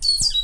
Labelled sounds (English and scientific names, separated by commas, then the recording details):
Stitchbird (Notiomystis cincta) song
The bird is a male
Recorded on Tiritiri Matangi Island, New Zealand, in 2005
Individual 7, of nest box 9